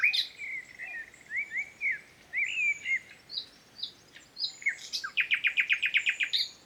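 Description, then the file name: Common nightingale song: varied whistled and chirping phrases, some rising and falling, ending in a fast run of about ten loud repeated notes. "Luscinia megarhynchos"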